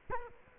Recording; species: mosquito wingbeat signal from an infrared sensor; Culex quinquefasciatus